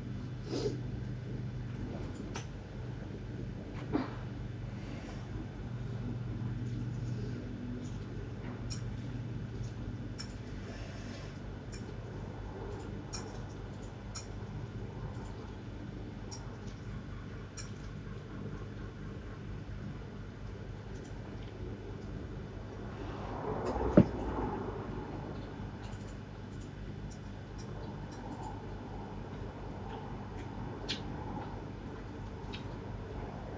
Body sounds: background sound without coughing

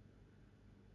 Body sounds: background sound without coughing

